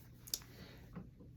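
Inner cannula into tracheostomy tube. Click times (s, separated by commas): 0.3 s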